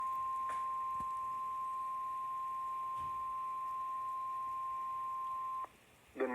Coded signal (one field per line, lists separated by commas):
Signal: Emergency Alert System (SAME) tones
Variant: 1050 Hz attention tone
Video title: EAS #2,038 Online NOAA Weather Radio Severe Thunderstorm Warning #2 (Considerable) (From AMA) 6/8/25